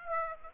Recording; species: mosquito wingbeat signal from an infrared sensor; Aedes aegypti